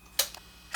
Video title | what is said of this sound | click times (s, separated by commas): 400 Series Chainsaw Starting Procedure, Husqvarna 435, 440, 445, 450 models. | hear that click and that will mean that your saw comes back to a normal idle and your chain will no longer turn and | 0.2 s